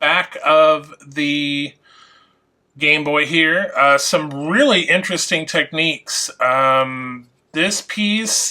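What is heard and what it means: A small plastic LEGO piece is handled at the back shell of a brick-built LEGO Game Boy 72046 model, about to be pressed in to cover a small hole. Someone talks throughout, with a short quiet pause near 2 seconds. Nothing has seated or clicked yet.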